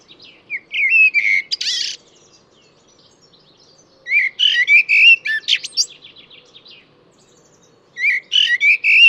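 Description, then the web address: Bird song in phrases about every four seconds, each a jumble of rapid chirps, trills and whistled notes, with quiet pauses between. "cianscape birddata Deverinetal 2025 Bird Only Tu Me Tu Me"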